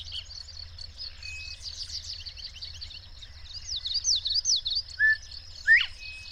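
Birds twittering; a run of quick slurred notes comes midway, followed by a brief whistle and a loud note.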